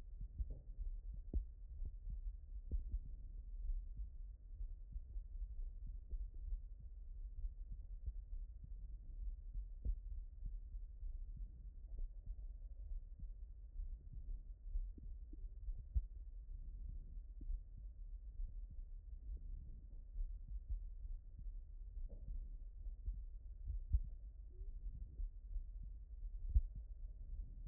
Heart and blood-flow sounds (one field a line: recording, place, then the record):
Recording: heart sounds by stethoscope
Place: aortic valve (AV)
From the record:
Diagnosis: non-HFrEF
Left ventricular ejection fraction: 58%